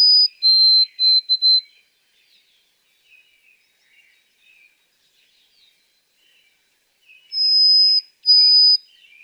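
White-throated sparrow song: a quick run of short whistled notes ends a phrase, a quiet pause with faint chirps follows, then two long high whistles begin again.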